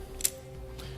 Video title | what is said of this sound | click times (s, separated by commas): etrailer - A Closer Look at the Erickson Sliding Ratchet Tie-Down Straps w/ Safety Hooks | Then that's going to be locked into place. | 0.2 s